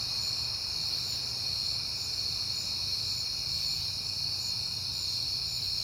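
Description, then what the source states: Cricket chorus forms a continuous high-pitched trill throughout, with a gentle low hum beneath. Recorded at night in September, on a peaceful night.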